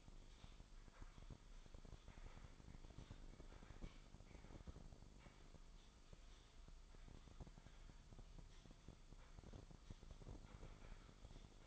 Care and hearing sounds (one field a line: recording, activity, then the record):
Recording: daily activity, microphone in the room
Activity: typing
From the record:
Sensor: 5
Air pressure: 995.4 hPa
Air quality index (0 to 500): 87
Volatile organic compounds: 4 ppm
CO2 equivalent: 1614 ppm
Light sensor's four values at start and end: 26/63/24/23 and 25/61/23/22